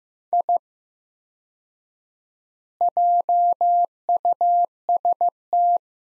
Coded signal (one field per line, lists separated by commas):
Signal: Morse code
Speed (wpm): 16 wpm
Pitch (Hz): 700 Hz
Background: none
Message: I JUST